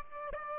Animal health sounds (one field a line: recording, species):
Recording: mosquito wingbeat signal from an infrared sensor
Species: Aedes aegypti